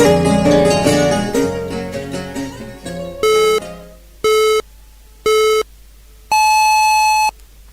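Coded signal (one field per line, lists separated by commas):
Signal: radio time signal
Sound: music fades, then three short buzzy pips and one longer higher-pitched pip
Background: music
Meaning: The start of the final long pip marks the exact hour, here 23:00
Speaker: depois do sinal horário das vê as notícias e o sinal horário e os compromissos publicitários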